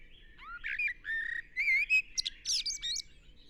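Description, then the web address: Common blackbird song: a rapid sequence of mellow whistled and warbled notes, some rising and falling, broken by brief pauses and ending in high squeaky twitters. "SETE Turdus merula"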